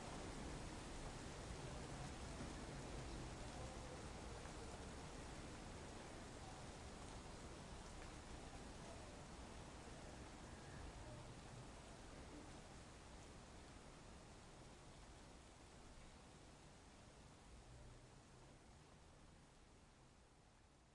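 Steady rain hiss over the city, dense and unchanging across all pitches, with a low rumble beneath, slowly fading in loudness toward the end.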